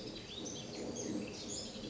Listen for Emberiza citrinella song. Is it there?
no